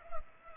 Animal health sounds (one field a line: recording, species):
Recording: mosquito wingbeat signal from an infrared sensor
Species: Culex pipiens